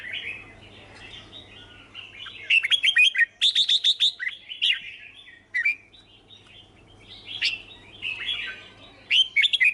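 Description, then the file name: Red-whiskered bulbul: rolling warbled phrases broken by fast bursts of sharp, even notes, repeated several times throughout. "Tieng chao mao hot che"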